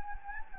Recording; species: mosquito wingbeat signal from an infrared sensor; Anopheles gambiae